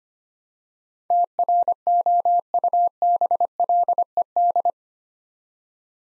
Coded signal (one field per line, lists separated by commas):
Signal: Morse code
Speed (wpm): 25 wpm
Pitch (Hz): 700 Hz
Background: none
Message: TROUBLED